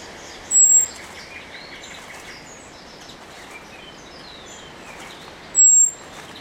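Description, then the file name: Common blackbird giving two thin, high, drawn-out whistled notes, one early and one near the end, separated by a long quiet stretch with faint background hiss. "Turdus merula"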